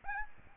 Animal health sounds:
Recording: mosquito wingbeat signal from an infrared sensor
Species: Aedes albopictus

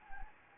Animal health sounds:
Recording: mosquito wingbeat signal from an infrared sensor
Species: Anopheles gambiae

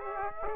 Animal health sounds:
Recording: mosquito wingbeat signal from an infrared sensor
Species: Aedes aegypti

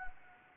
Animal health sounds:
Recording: mosquito wingbeat signal from an infrared sensor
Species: Anopheles gambiae

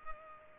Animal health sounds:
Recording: mosquito wingbeat signal from an infrared sensor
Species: Culex pipiens

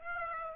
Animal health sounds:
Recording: mosquito wingbeat signal from an infrared sensor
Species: Aedes aegypti

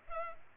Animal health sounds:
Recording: mosquito wingbeat signal from an infrared sensor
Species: Culex pipiens

